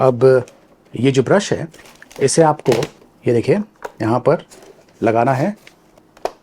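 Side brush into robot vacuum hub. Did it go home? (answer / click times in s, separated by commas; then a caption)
yes / 6.2 s. Someone talks while pressing the plastic side brush onto its hub under a Xiaomi S10 robot vacuum cleaner. Faint ticks lead into a sharp snap at 6.3 s as the brush locks into place.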